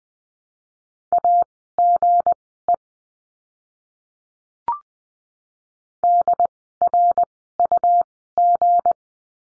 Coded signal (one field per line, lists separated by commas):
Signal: Morse code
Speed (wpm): 20 wpm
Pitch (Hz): 700 Hz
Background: none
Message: AGE DRUG